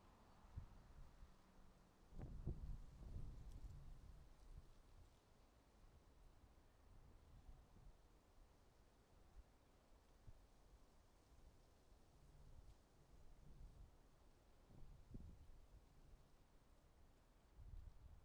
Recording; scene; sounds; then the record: everyday scene through a hearing-aid microphone; wind on the microphone; wind, traffic, birds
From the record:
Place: suburban garden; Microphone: in the ear canal, right